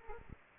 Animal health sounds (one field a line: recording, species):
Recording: mosquito wingbeat signal from an infrared sensor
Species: Aedes aegypti